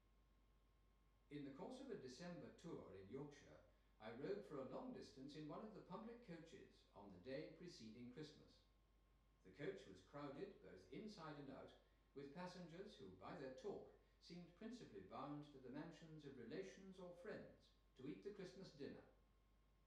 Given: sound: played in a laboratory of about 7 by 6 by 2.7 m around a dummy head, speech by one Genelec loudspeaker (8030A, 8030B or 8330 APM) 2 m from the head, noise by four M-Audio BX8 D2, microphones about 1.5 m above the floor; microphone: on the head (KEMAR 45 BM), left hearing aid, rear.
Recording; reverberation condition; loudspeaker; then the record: male speech in English; medium; 120 degrees to the right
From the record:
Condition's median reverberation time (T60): about 510 ms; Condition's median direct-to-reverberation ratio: about -0.5 dB